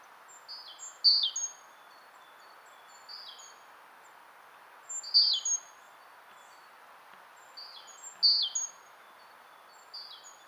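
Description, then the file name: Great tit calls: short, high, thin notes that slide downward, given in brief clusters about every three to four seconds over a steady background hiss. "Parus major"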